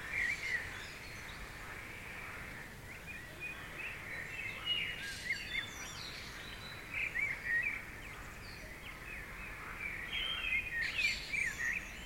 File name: okolo 3 chasov nochi ptici protiv lyagushek